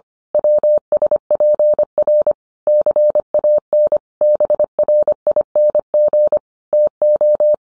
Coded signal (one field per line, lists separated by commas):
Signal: Morse code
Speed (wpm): 25 wpm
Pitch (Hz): 600 Hz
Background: none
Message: WSPR CAN BRING TO